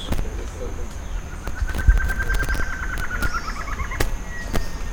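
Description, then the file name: Bird calling with a fast rattling trill lasting nearly three seconds, amid clicks and low background rumble. "SABIOD 50 bird 2015"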